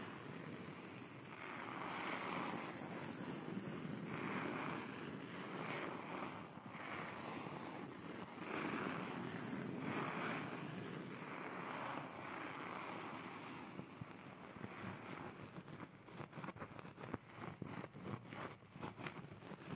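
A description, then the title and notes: A mascara brush makes a dense, hissing rustle that swells and fades in strokes about every second or two. After roughly fifteen seconds the strokes turn quicker and choppier, with short scratchy flicks packed close together until the end. AMSR Mascara Brush.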